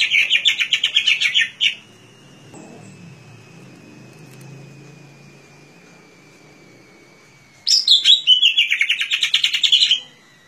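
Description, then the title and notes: Leafbird singing two rapid bursts of chirping, warbled notes about six seconds apart, with a thin steady tone between them. Song used for training caged songbirds (masteran). "Suara Burung Cucak Ijo. mantap buat masteran burung cak ijo"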